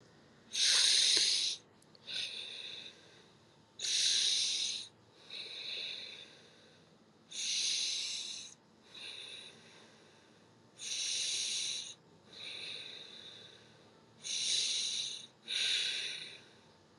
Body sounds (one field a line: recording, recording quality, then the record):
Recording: deep breathing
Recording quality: excellent, no background noise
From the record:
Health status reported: COVID-19 positive, mild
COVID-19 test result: positive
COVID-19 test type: RT-PCR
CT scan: not taken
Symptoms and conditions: cough, cold, sore throat, fever, fatigue, muscle pain, loss of smell and taste, asthma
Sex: female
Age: 25 years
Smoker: no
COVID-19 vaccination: both doses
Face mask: not worn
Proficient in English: yes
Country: India